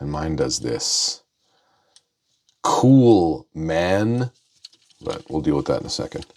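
A plastic tab on a Transformers Age of the Primes Nemesis Prime figure is pressed toward the hole on its plastic double hinge, where it is meant to click into place, but on this copy it does not sit or snap in properly. Someone talks before and after, and two faint, brief ticks at about 2.0 s and 2.5 s sound in the pause between. The tab has not seated or clicked into the hole.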